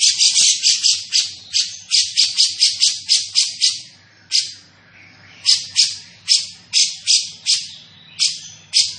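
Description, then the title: Grey-cheeked bulbul delivering long runs of rasping, scratchy notes in quick succession, broken by a short pause midway. Bird vocalising actively and persistently (gacor), with a dense and clear voice. "Cucak Jenggot Gacor, Suara Rapat Dan Jernih"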